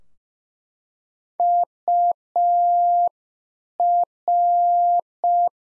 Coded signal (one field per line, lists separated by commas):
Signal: Morse code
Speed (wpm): 5 wpm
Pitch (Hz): 700 Hz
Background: none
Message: UR